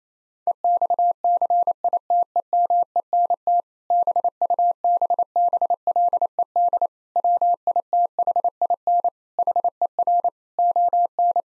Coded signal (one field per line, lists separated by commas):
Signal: Morse code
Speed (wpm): 28 wpm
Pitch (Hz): 700 Hz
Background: none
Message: EXCITEMENT BUBBLED WITHIN HER ON